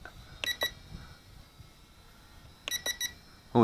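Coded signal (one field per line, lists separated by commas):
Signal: none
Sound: drone controller's rate beeps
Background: speech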